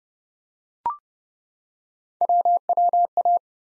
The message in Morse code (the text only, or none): WWA